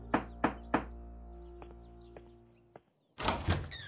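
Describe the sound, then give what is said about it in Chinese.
Three sharp knocks on a door in a quick, even rhythm, followed by a few softer taps over a low steady hum, then a louder burst of rattling door noise near the end. “来开门的是红姨。”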